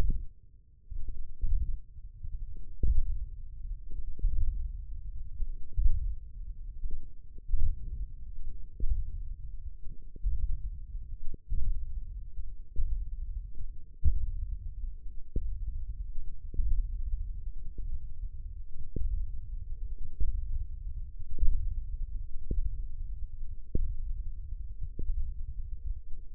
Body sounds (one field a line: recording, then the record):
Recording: forearm muscle sounds (acoustic myography)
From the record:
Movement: hand opening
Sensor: system 1, eight BSWA MPA416 microphones around the upper forearm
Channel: 3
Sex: male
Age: 20 years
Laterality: left